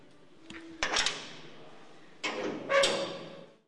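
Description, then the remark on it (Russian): A heavy tower door bangs shut after a brief creak, then a second loud clattering clunk follows as it is locked with several locks, with no voices. “позвал тюремщика, который захлопнул дверь в башню и закрыл на несколько замков.”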